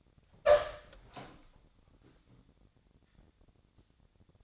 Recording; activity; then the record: daily activity, microphone in the room; open door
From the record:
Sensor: 3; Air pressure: 1007.3 hPa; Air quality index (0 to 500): 201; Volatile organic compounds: 17 ppm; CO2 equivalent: 2571 ppm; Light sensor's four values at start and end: 12/29/12/12 and 13/30/12/12